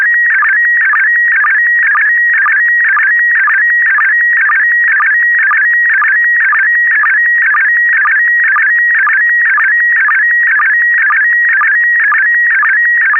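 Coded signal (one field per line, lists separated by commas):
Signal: SSTV (slow-scan television)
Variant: PD120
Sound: steady warbling whistle repeating about twice a second, with short lower blips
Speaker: this is going out PD 120.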